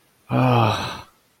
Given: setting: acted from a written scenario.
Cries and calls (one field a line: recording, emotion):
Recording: vocal sound without words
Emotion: relief